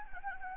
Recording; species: mosquito wingbeat signal from an infrared sensor; Anopheles gambiae